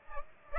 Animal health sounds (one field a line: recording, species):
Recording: mosquito wingbeat signal from an infrared sensor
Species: Aedes aegypti